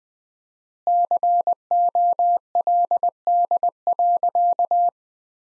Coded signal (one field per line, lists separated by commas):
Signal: Morse code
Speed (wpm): 20 wpm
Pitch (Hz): 700 Hz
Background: none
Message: COLD.